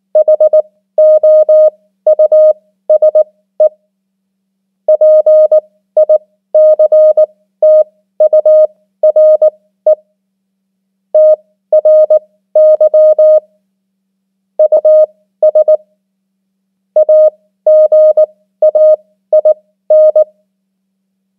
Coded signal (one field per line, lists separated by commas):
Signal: Morse code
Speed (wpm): 19 wpm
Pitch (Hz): 620 Hz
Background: none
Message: HOUSE PICTURE TRY US AGAIN